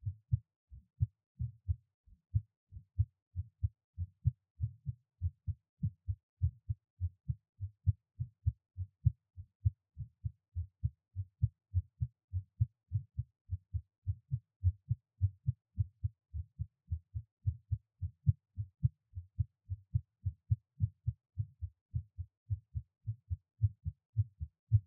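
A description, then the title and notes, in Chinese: A heartbeat thumps steadily for the whole stretch, each beat a soft lub-dub pair at a brisk, even pace of well over one beat per second. The sound is deep and muffled, with silence between beats and nothing else in the background. Give my Heartbeat。NO Talking。好久沒錄心跳聲！I recorded it right away when I was done with the workout。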